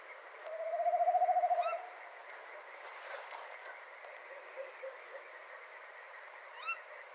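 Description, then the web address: Tawny owl giving one low, wavering, tremulous hoot lasting over a second, followed by steady background hiss and a few faint high chirps. "strix aluco call"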